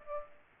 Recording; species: mosquito wingbeat signal from an infrared sensor; Aedes aegypti